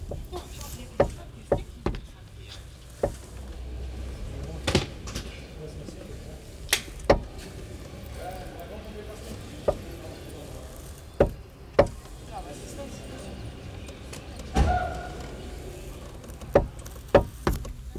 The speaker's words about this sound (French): Je joue avec la porte de la voiture.